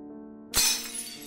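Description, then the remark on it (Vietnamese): Ceramic bowls shatter on a kitchen floor in one sudden, loud crash, followed by bright scattering clinks that fade over about a second, above a low steady hum. “Bà Hoáng chưa nói hết câu thì ở dưới bếp truyền lên một tiếng hét, kèm theo tiếng bát vỡ loảng xoảng.”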